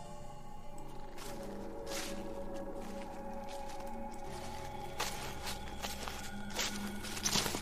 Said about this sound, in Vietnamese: Chưa đầy 2 phút sau, xung quanh tôi, những bụi cây bắt đầu phát ra những tiếng động sột soạt đến đáng sợ.